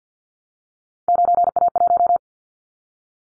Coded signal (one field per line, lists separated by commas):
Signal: Morse code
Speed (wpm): 50 wpm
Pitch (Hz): 700 Hz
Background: none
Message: 9A1